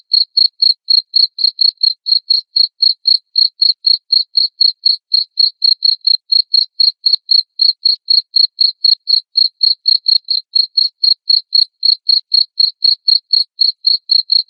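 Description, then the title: Cricket giving a rapid, regular series of shrill high chirps, continuing evenly throughout against a silent background. Loud cricket chirping, played to make lovebirds sing continuously. "Suara JANGKRIK NGERIK Keras Bikin LOVEBIRD Jadi NGEKEK Terus"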